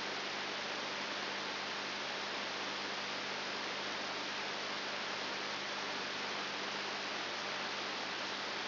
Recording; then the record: brain microelectrode recording played as sound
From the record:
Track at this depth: outside the subthalamic nucleus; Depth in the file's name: 6.9 mm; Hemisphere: left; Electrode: 3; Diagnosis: Parkinson's disease